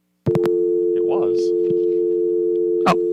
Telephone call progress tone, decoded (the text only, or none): dial tone